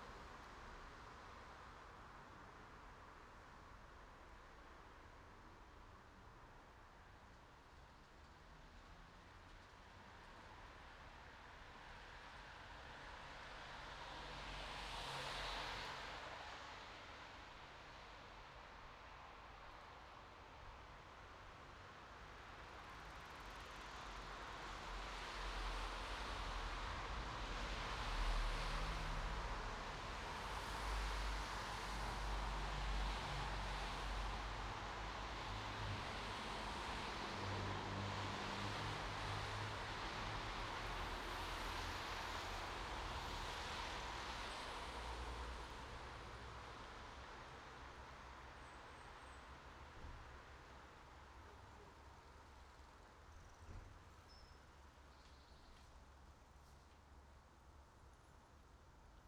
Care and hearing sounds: everyday scene through a hearing-aid microphone; in traffic; traffic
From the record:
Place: bus stop on a city main road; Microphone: in the ear canal, right

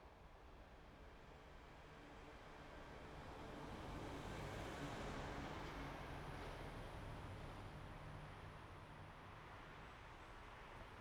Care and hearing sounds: everyday scene through a hearing-aid microphone; in traffic; traffic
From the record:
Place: main road on the outskirts, rush hour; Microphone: behind the ear, right, rear

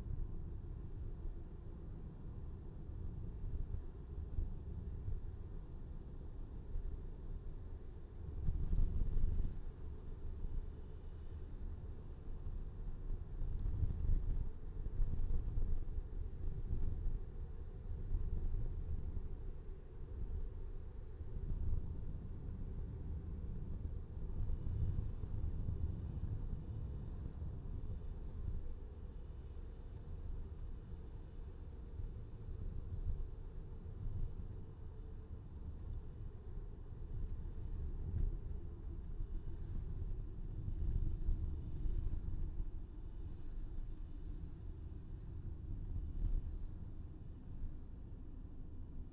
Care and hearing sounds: everyday scene through a hearing-aid microphone; in a vehicle; engine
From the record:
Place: VW T5 Caravelle, diesel engine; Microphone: in the ear canal, left

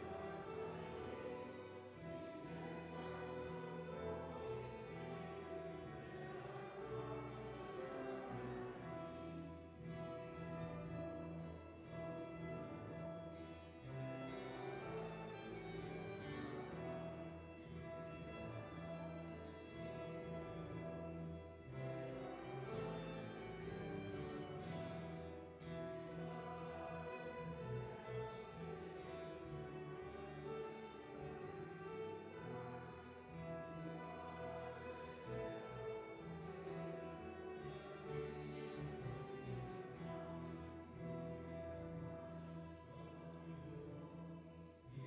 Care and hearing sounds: everyday scene through a hearing-aid microphone; reverberant space; music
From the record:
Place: church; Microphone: behind the ear, right, front

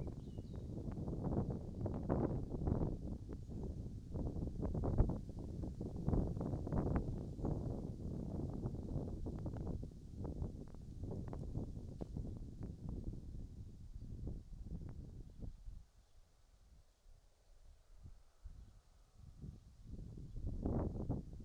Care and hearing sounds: everyday scene through a hearing-aid microphone; wind on the microphone; wind, birds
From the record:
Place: in front of a rural house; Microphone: in the ear canal, right

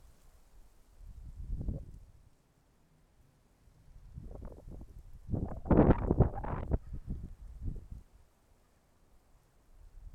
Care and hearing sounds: everyday scene through a hearing-aid microphone; wind on the microphone; wind, traffic, birds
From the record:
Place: suburban garden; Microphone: behind the ear, left, front

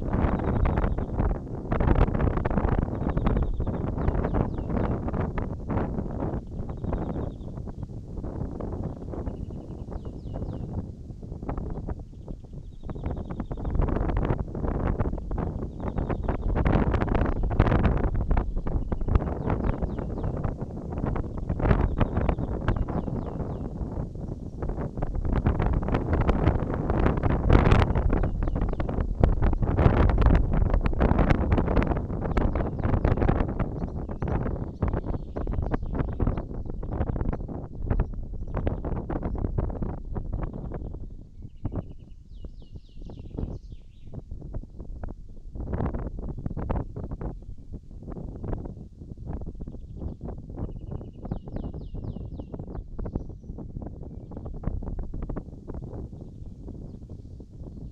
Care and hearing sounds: everyday scene through a hearing-aid microphone; wind on the microphone; wind, birds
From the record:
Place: in front of a rural house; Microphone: in the ear canal, right

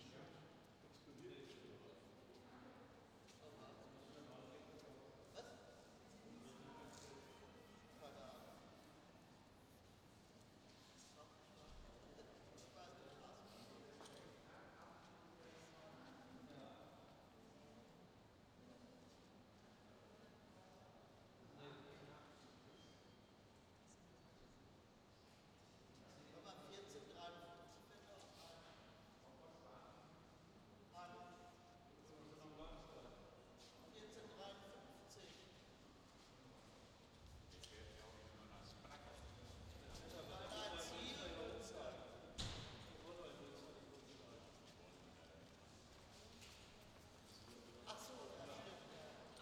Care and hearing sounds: everyday scene through a hearing-aid microphone; reverberant space; background noise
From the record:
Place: railway station hall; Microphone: in the ear canal, left

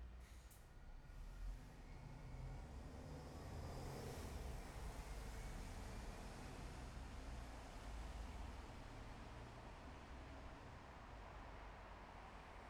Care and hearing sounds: everyday scene through a hearing-aid microphone; in traffic; traffic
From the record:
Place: bus stop on a city main road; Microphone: behind the ear, left, front

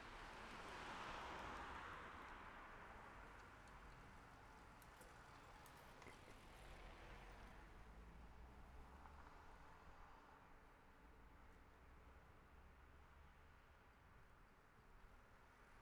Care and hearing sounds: everyday scene through a hearing-aid microphone; in traffic; traffic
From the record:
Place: city secondary road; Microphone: behind the ear, left, rear

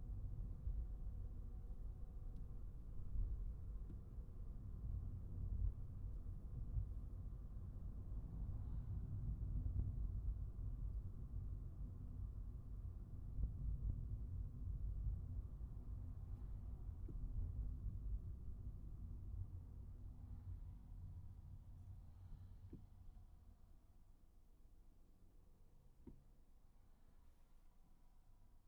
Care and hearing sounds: everyday scene through a hearing-aid microphone; in a vehicle; engine, highway traffic jam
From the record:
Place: Skoda Fabia, gasoline engine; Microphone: behind the ear, right, rear

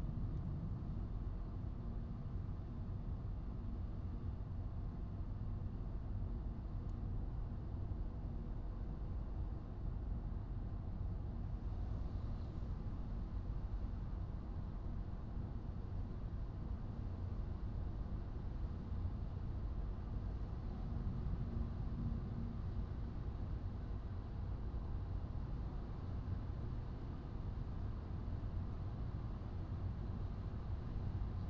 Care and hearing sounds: everyday scene through a hearing-aid microphone; in a vehicle; engine, highway driving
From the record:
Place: Skoda Fabia, gasoline engine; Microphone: in the ear canal, right

